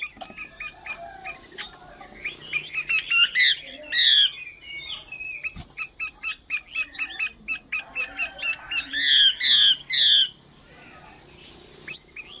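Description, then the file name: Chinese hwamei song of varied chirps and twittering notes building to loud, bright descending phrases, repeated in short bursts. Female bird singing. "Tieng chim hoa mi mai hot"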